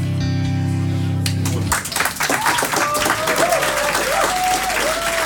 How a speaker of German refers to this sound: Verdienter Applaus